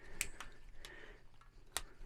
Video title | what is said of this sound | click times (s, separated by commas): CVLIFE Bipod - Best Budget Bipod | put the legs forward they come up with a really nice positive click | 0.2 s, 1.8 s